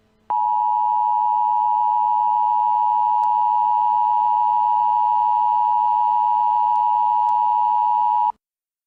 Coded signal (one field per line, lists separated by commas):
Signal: Emergency Alert System (SAME) tones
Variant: 853 and 960 Hz attention tone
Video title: Nuclear Missile EAS Scenario: "Third Strike"